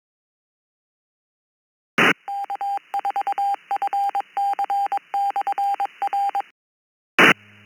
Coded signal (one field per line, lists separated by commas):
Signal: Morse code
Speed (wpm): 22 wpm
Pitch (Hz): 800 Hz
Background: none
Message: K4FC/R E